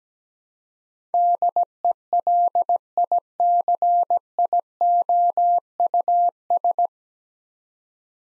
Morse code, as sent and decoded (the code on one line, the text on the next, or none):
-.. . .-.. .. -.-. .. --- ..- ...
DELICIOUS